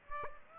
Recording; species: mosquito wingbeat signal from an infrared sensor; Aedes aegypti